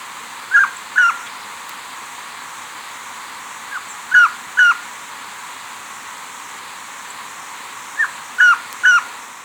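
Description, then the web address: Tawny antpitta calling, short whistled phrases of two or three notes repeated about every four seconds over a steady background hiss. Ecuador. "Birds of Ecuador 2. Tawny Antpitta"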